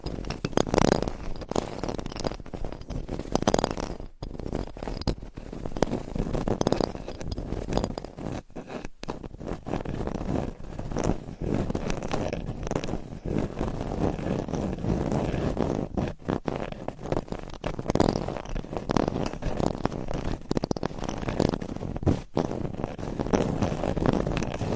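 Scratching on a microphone, a dense, rough rasping that runs almost without pause for the whole clip. The strokes come fast and uneven, swelling and easing in loudness, with brief near-silent gaps around four, nine, sixteen and twenty-two seconds.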